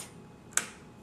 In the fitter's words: i'm going to set this down you'll feel it just kind of click in place